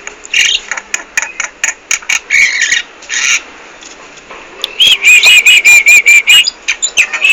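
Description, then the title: Black-winged myna song mixing harsh grating bursts and clicks, then a fast series of loud, evenly repeated whistled notes. Singing very actively and continuously. "Jalak putih gacor abis"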